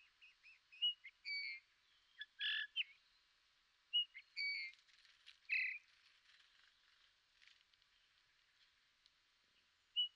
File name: Pyrrhula pyrrhula